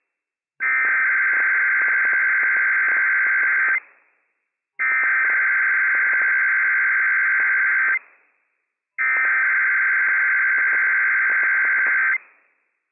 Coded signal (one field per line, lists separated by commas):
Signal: Emergency Alert System (SAME) tones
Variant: header bursts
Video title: Inland Northwest Required Weekly Test - WWF56 - EAS #257 - 10:00 AM PDT 8/23/22